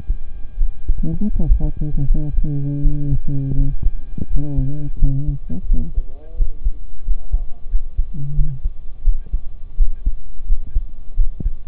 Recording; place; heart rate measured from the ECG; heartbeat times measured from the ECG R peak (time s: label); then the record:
heart sounds by stethoscope; between the tricuspid and mitral areas; 85 bpm
0.55 s: heartbeat
1.30 s: heartbeat
2.04 s: heartbeat
2.79 s: heartbeat
3.53 s: heartbeat
4.26 s: heartbeat
4.96 s: heartbeat
5.65 s: heartbeat
6.34 s: heartbeat
7.02 s: heartbeat
7.67 s: heartbeat
8.33 s: heartbeat
9.02 s: heartbeat
9.74 s: heartbeat
10.44 s: heartbeat
11.13 s: heartbeat
From the record:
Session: rest, sitting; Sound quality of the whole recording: occasional burst powerline noise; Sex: male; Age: 23 years